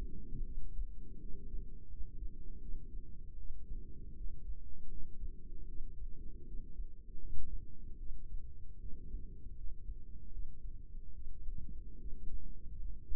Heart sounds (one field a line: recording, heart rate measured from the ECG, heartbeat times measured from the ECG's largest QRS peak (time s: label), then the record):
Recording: heart sounds by microphone in the right ear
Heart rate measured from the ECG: 78 bpm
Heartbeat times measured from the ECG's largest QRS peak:
0.44 s: heartbeat
1.20 s: heartbeat
1.89 s: heartbeat
2.60 s: heartbeat
3.37 s: heartbeat
4.16 s: heartbeat
4.89 s: heartbeat
5.67 s: heartbeat
6.46 s: heartbeat
7.19 s: heartbeat
7.98 s: heartbeat
8.80 s: heartbeat
9.56 s: heartbeat
10.31 s: heartbeat
11.14 s: heartbeat
11.99 s: heartbeat
12.77 s: heartbeat
From the record:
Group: healthy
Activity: rest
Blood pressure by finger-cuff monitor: 163/88 mmHg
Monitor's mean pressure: 107 mmHg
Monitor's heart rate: 78 bpm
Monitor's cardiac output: 6.9 L/min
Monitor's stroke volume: 89 mL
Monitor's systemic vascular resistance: 1170 dyn s/cm5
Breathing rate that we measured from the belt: 23 breaths a minute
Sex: female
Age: 22 years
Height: 154 cm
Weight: 58.7 kg